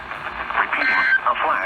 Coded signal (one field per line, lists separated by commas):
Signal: Emergency Alert System (SAME) tones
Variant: end-of-message bursts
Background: speech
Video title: There's More Floodz...EAS Alerts From August 13, 2020 (EAS #358-364)